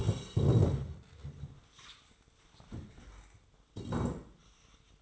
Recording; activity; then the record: daily activity, microphone in the room; stand up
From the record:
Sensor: 3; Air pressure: 1005.3 hPa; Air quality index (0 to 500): 94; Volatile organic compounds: 3 ppm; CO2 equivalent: 1467 ppm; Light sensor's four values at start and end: 10/22/9/9 and 8/17/7/7